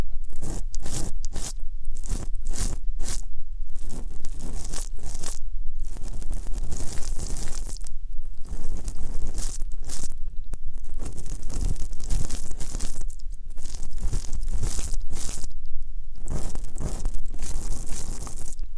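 Ear cleaning sounds in a dense, continuous stream of crunching, scraping and rustling with no pauses. Bright crackly bursts come in quick irregular clusters, several per second, over a steady low rumble that runs underneath the whole time.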